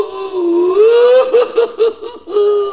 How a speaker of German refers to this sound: Und wein. Ja, das Weinen kannst du sparen.